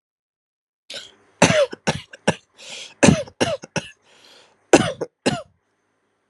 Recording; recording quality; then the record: shallow voluntary cough; excellent, no background noise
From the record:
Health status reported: healthy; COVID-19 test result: negative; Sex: male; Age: 30 years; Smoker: yes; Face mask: not worn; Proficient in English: yes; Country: India